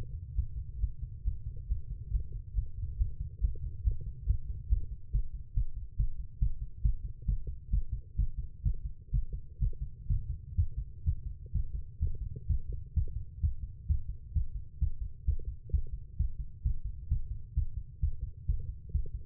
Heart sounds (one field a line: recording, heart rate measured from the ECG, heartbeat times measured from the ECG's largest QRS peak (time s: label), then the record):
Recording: heart sounds by stethoscope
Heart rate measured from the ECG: 132 bpm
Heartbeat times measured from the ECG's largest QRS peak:
0.33 s: heartbeat
0.78 s: heartbeat
1.22 s: heartbeat
1.66 s: heartbeat
2.09 s: heartbeat
2.52 s: heartbeat
2.96 s: heartbeat
3.39 s: heartbeat
3.82 s: heartbeat
4.24 s: heartbeat
4.67 s: heartbeat
5.10 s: heartbeat
5.52 s: heartbeat
5.95 s: heartbeat
6.38 s: heartbeat
6.81 s: heartbeat
7.24 s: heartbeat
7.69 s: heartbeat
8.15 s: heartbeat
8.62 s: heartbeat
9.10 s: heartbeat
9.58 s: heartbeat
10.06 s: heartbeat
10.54 s: heartbeat
11.03 s: heartbeat
11.51 s: heartbeat
11.98 s: heartbeat
12.46 s: heartbeat
12.93 s: heartbeat
13.39 s: heartbeat
13.86 s: heartbeat
14.32 s: heartbeat
14.78 s: heartbeat
15.24 s: heartbeat
15.69 s: heartbeat
16.16 s: heartbeat
16.61 s: heartbeat
17.07 s: heartbeat
17.53 s: heartbeat
17.99 s: heartbeat
18.45 s: heartbeat
18.90 s: heartbeat
From the record:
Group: healthy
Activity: Valsalva maneuver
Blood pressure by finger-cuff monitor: 118/84 mmHg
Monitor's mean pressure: 93 mmHg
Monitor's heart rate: 131 bpm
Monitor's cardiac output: 8.4 L/min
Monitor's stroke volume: 64 mL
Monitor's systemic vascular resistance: 800 dyn s/cm5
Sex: female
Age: 19 years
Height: 163 cm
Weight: 51 kg